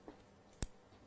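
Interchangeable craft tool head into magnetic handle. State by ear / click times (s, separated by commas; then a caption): seated / 0.6 s. An interchangeable craft tool head, a quilling/ball tool tip, is pushed into a magnetic handle. A faint soft tick comes at about 0.1 s, then a sharp, bright click at 0.6 s as the head seats in the handle.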